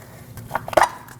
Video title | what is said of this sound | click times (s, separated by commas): How to Replace Bellows Boots 2006-2015 Lexus IS250 | it pops out. | 0.6 s